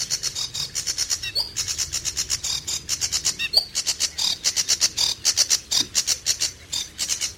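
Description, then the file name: Sedge warbler giving dense, scratchy chatter in repeated buzzy bursts, with a couple of clearer whistled notes. "Phragmite des joncs"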